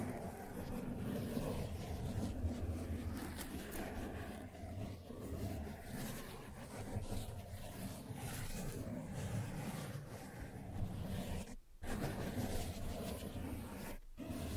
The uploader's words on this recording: ASMR Sensitive Tracing (No Talking).